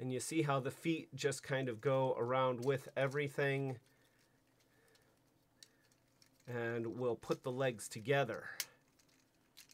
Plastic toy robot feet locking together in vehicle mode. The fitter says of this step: yeah there put the feet together so that they click into place